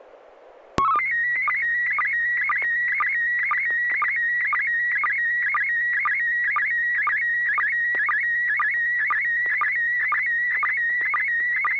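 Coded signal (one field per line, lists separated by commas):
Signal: SSTV (slow-scan television)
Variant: PD 120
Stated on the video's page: SSTV net on a 441.300 MHz FM repeater, sent with MMSSTV software.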